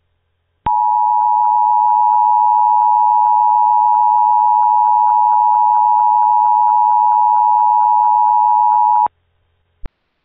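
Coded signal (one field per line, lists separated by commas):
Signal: Emergency Alert System (SAME) tones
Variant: 853 and 960 Hz attention tone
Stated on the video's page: Fictional, not real EAS broadcast, for entertainment; may or may not contain valid tones.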